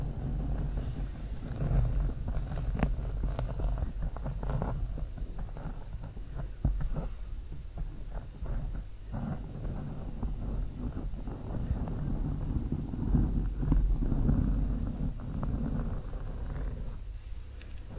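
Slow scratching with long nails on a microphone, a dense, rumbling low rustle that runs steadily for the whole stretch. Short brighter ticks and clicks break through irregularly, several per second, and the scraping swells and thins in slow waves.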